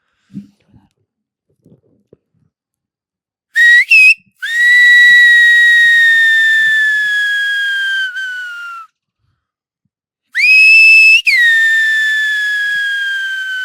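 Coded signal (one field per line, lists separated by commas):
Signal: whistled language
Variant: Silbo Gomero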